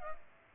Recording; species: mosquito wingbeat signal from an infrared sensor; Culex pipiens